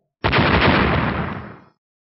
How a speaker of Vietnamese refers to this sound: Thanh âm nổ vang liên tiếp nối nhau, hổ ảnh màu đỏ thẫm tan vỡ, cùng với đó là kiếm cầu vùng màu vàng cũng tan vỡ theo.